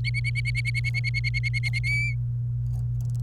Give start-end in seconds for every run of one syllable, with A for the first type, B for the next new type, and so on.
0.04-1.79 A, 1.84-2.15 B